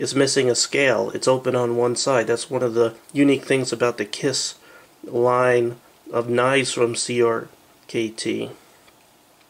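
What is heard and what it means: A CRKT KISS 2 Timer 5515 folding knife, missing a scale and open on one side, is handled while someone talks. No click is heard; the blade has not yet been opened, and the frame lock has not yet clicked into place.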